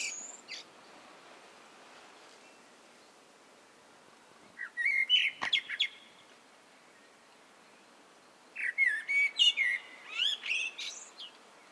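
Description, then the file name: Eurasian blackbird song, two separate phrases of mellow whistles followed by high twittering, with long pauses between them and a faint sharp chip near the start. "Turdus merula"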